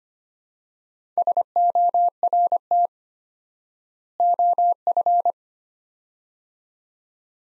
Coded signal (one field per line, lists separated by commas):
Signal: Morse code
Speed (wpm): 25 wpm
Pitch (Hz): 700 Hz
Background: none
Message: SORT OF